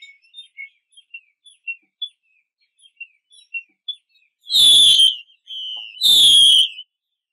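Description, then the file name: Chinese hwamei song: a chain of short varied whistled notes, then two long loud rich notes separated by a falling whistle. Female bird; 'mái xùy' call type. "Tieng chim hoa mi mai xuy"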